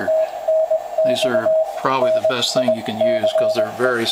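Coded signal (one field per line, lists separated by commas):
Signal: Morse code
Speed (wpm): 21 wpm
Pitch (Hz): 640 Hz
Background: speech, radio noise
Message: TNX NICE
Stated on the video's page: Newly built Hendricks PFR3A QRP rig.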